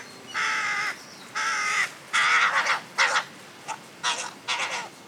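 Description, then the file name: Carrion crow giving loud, drawn-out hoarse caws, then shorter clipped ones in a quick irregular series. "Corvus corone"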